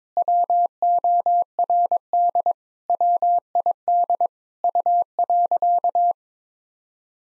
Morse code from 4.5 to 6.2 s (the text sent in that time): U.